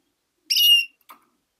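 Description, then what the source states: Canary call: a single overtone-rich whistled note, followed by a brief soft sound. Female.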